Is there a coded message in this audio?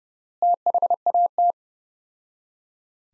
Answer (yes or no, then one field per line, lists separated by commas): yes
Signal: Morse code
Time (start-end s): 0.4-1.5 s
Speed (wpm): 30 wpm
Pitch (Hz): 700 Hz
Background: none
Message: THAT